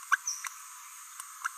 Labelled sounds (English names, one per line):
Green-rumped Parrotlet babbling